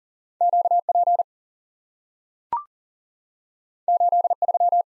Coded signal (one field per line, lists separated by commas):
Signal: Morse code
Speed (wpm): 40 wpm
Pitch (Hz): 700 Hz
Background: none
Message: QP 83